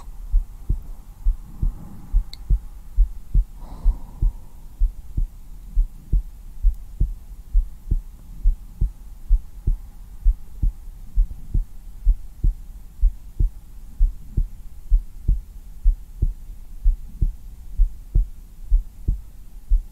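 Steady, regular low thuds at about 65 beats per minute, with a faint hum underneath: an ordinary resting heartbeat heard on bare skin through a black 3Dio binaural microphone, in a calming, hugging-close setting meant for deep sleep.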